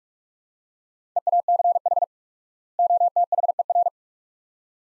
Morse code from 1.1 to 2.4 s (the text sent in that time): EACH